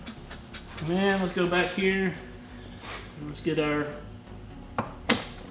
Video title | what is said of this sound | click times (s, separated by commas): Is Your Porsche 911 "Cool" Enough? Porsche 911 Rebuild Part 4 | hose there we go it locked in place you can heard it heard the snap | 4.8 s, 5.1 s